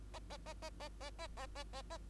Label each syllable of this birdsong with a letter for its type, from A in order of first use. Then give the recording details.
A A A A A A A A A A A. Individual Bird2